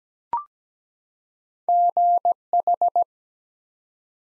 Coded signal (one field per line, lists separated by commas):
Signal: Morse code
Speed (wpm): 17 wpm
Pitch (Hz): 700 Hz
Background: none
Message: GH